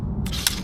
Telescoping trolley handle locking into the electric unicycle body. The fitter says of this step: if you don't need the full height and of course it locks in place it just works so well